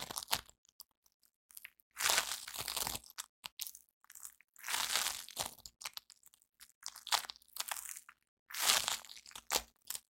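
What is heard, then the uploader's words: Sticky floam is squeezed and pressed, with three long, bright crunchy bursts near two, five and nine seconds. Between them come quick, scattered crackles and sticky pops, and a quiet low hum sits underneath. ASMR Satisfying Sticky Floam Sounds (no talking). Satisfying sticky floam trigger sounds (slime-like molding material with beads).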